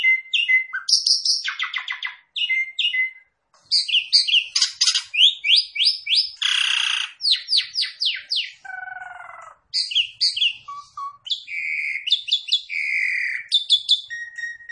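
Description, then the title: Javan pied starling giving a long, varied outpouring of squeaky chirps, rattles, harsh buzzes and a lower whistled phrase, with brief silent gaps near the start and middle. Lure recording meant to make the bird start calling right away. "Pancingan Jalak Suren Langsung Bunyi"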